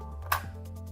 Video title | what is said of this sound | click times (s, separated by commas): EASYLINE EDGE 사용방법 | into the right position until you hear a click | 0.3 s